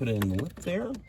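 A new cabin air filter's plastic cover is handled at its housing behind the glovebox of a 2014 Toyota Corolla, being worked toward the lip while someone talks. Nothing has seated or clicked yet.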